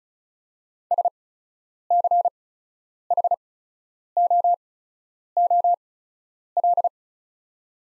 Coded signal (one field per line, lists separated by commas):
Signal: Morse code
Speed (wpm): 36 wpm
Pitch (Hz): 700 Hz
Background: none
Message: SCHOOL